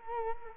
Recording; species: mosquito wingbeat signal from an infrared sensor; Culex quinquefasciatus